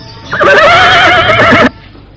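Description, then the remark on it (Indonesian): A horse lets out a single loud, shrill whinny lasting over a second, its wavering high-pitched tone starting abruptly and cutting off cleanly, with no voices present. “Silakan naik ke atas kuda.”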